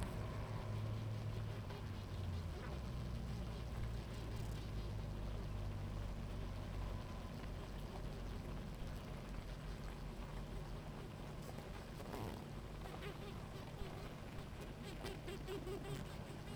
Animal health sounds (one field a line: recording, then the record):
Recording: honeybee colony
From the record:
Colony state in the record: active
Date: 28 July 2017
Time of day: 17:42